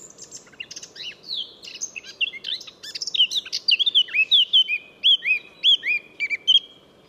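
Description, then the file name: Eurasian blackcap song, opening with quiet scratchy twitters and then breaking into a run of rich, clear whistled notes that rise and fall. "Sylvia atricapilla"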